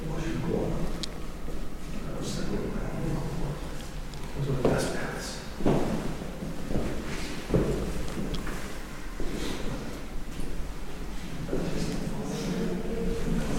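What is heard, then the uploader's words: Cathedral ambience with a steady murmur of hushed voices, broken every second or two by soft thuds and footsteps that ring out and fade. Cathedral Ambiance | York Minster. This binaural field recording captures the essence of the cathedral's serene atmosphere.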